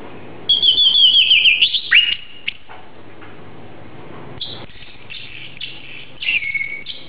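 Oriental magpie-robin singing a rapid warbled trill of high whistled notes, a pause, then scattered chirps and a slurred whistle.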